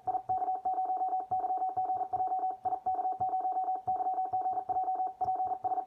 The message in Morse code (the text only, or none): IK0YGJ IK0YGJ PS